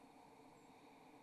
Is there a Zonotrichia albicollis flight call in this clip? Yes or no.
yes